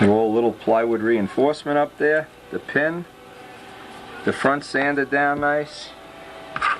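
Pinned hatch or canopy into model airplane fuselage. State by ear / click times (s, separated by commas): seated / 6.6 s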